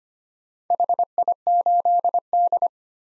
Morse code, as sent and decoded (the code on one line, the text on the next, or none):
.... .. ---.. -..
HI8D